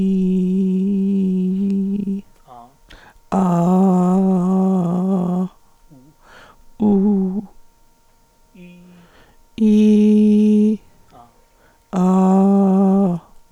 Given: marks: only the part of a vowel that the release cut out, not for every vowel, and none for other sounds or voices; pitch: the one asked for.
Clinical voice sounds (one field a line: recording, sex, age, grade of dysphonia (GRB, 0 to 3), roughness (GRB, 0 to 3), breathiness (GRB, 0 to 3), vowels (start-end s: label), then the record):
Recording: sustained vowels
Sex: female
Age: 60 to 69 years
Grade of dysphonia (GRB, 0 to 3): 3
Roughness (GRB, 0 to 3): 3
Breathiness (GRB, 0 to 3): 0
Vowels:
0.00-1.93 s: vowel /i/, normal pitch
3.44-4.64 s: vowel /a/, normal pitch
6.85-7.37 s: vowel /u/, normal pitch
9.64-10.66 s: vowel /i/, high pitch
12.03-13.04 s: vowel /a/, high pitch
From the record:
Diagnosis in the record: hyperfunctional dysphonia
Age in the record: 66 years